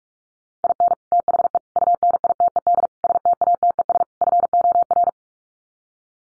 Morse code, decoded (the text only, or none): IN THE UNITED STATES FOR